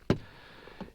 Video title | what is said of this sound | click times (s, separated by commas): Winterizing Adria Motorhome RV water system | down into the lugs and they'll click into place | 0.1 s, 0.8 s